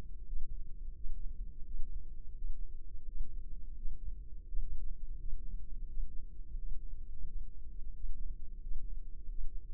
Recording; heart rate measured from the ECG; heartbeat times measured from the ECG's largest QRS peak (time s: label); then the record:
heart sounds by microphone in the left ear; 86 bpm
0.25 s: heartbeat
0.94 s: heartbeat
1.64 s: heartbeat
2.35 s: heartbeat
3.05 s: heartbeat
3.75 s: heartbeat
4.47 s: heartbeat
5.18 s: heartbeat
5.87 s: heartbeat
6.57 s: heartbeat
7.25 s: heartbeat
7.94 s: heartbeat
8.61 s: heartbeat
9.29 s: heartbeat
From the record:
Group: healthy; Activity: Valsalva maneuver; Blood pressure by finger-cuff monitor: 97/70 mmHg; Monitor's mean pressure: 76 mmHg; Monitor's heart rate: 86 bpm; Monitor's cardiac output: 5.8 L/min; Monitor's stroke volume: 68 mL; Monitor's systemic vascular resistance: 930 dyn s/cm5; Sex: female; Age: 22 years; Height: 163 cm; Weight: 67.1 kg